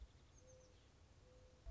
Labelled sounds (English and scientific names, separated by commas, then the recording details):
Mourning Dove (Zenaida macroura)
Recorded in Sonoma County, California